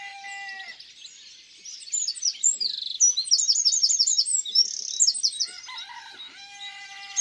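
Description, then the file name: Eurasian wren song: a loud, rapid burst of high trills and chattering notes in the middle, with a separate whistled note from another bird at the start and end. In the countryside. "Troglodyte mignon Chants doiseaux dans la campagne"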